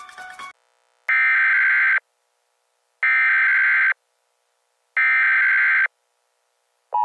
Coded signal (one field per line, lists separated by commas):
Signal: Emergency Alert System (SAME) tones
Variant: header bursts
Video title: Halloween (1978) EAS scenario. (Inspired by @SPCHermitage)